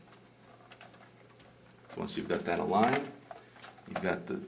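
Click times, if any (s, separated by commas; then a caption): none. The plastic door of a Davis Instruments Vantage Pro2 weather sensor radiation shelter is lined up by its raised marks so its teeth will fit, before being slid down. A few light handling taps are heard around 0.7 to 1.7 seconds, then someone talks. The door has not yet seated or clicked into place.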